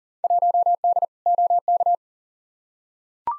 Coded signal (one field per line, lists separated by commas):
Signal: Morse code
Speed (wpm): 40 wpm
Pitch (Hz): 700 Hz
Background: none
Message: 1D OK